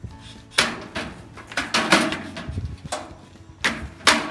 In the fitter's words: there boom click and then the back of them they